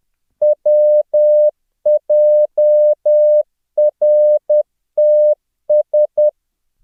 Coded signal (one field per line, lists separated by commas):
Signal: Morse code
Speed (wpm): 10 wpm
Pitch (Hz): 600 Hz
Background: none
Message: WJRTS